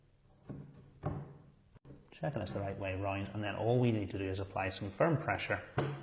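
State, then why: Not seated. A RAM module is lined up in a motherboard memory slot, long side to long side, and checked for orientation before firm pressure is applied. Two soft knocks are heard at about 0.5 s and 1.1 s, then someone talks. Nothing has seated or clicked yet.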